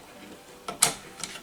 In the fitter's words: pop it in just like that you heard it pop i guess